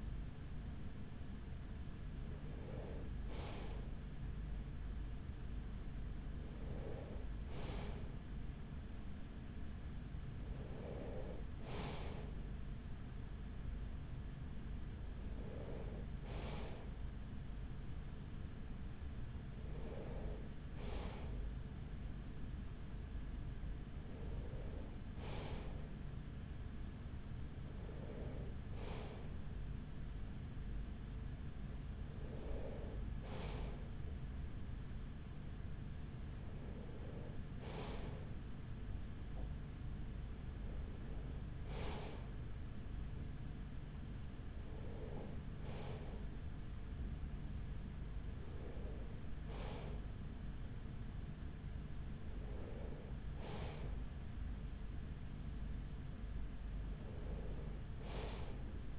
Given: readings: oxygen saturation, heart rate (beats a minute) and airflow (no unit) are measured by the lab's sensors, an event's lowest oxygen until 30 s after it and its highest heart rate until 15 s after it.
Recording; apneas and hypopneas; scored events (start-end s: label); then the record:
breathing in sleep by a smartphone at the bedside; none
none scored
From the record:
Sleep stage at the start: N2 (light sleep); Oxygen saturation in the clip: 94%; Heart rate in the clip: 41 to 45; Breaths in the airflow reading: 14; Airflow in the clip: -6.5 to 6.1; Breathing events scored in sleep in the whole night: 207 in 7.6 hours asleep